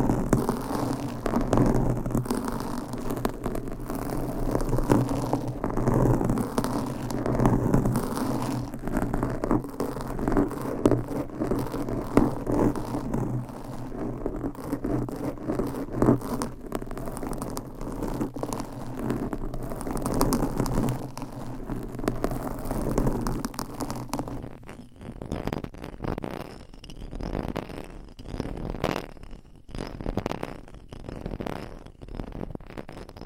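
Nails scratch across a microphone cover in a dense, continuous rasping texture, with a steady low hum underneath for the first twenty-four seconds. Around twenty-five seconds the sound turns duller, loses its top edge, and breaks into separate, distinct strokes.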